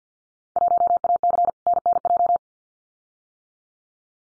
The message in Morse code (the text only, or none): 1AC NNJ